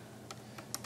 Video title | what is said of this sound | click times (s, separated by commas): Testing Tesla Model 3 2170 Cells - Battery Nerd Porn with Full Frontal Nudity | to plug the plug here the click she's in there good | 0.7 s